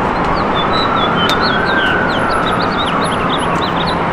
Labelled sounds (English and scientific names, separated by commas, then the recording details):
House Finch (Haemorhous mexicanus) song
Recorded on Long Island, New York, on 13 June 2011
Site MH
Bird B